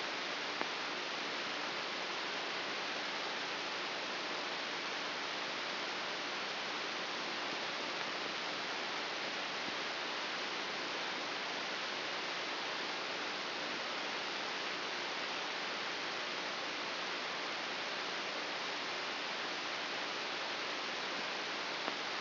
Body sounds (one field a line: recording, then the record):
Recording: brain microelectrode recording played as sound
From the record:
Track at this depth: inside the subthalamic nucleus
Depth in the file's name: 1.456 mm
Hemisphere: left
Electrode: 2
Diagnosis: Parkinson's disease